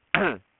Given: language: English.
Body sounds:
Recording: throat vibration sensor signal played as sound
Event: throat clearing

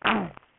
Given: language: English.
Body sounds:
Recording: throat vibration sensor signal played as sound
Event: throat clearing

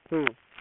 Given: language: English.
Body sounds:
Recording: throat vibration sensor signal played as sound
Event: speech

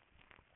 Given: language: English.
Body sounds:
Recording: throat vibration sensor signal played as sound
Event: swallow

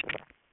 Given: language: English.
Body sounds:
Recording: throat vibration sensor signal played as sound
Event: swallow

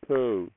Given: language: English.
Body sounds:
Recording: throat vibration sensor signal played as sound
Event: speech

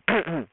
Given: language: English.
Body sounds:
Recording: throat vibration sensor signal played as sound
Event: throat clearing

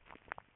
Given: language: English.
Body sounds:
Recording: throat vibration sensor signal played as sound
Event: swallow

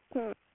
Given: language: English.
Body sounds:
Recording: throat vibration sensor signal played as sound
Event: speech

